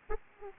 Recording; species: mosquito wingbeat signal from an infrared sensor; Aedes aegypti